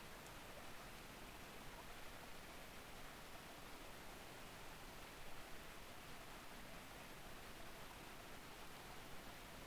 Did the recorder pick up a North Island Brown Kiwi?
no